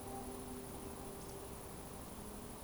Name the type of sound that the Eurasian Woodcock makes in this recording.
whistle